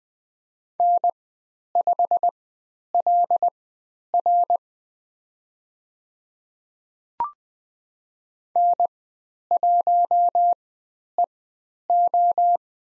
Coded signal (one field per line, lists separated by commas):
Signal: Morse code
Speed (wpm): 20 wpm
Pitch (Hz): 700 Hz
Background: none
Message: N5LR N1EO